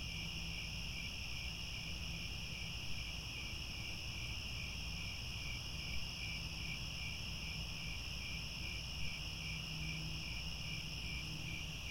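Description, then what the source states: Steady chorus of crickets, high shimmering trills with a quick pulsing layer, and a low hum running throughout. Chorus of crickets at twilight, as the sun sets and stars appear.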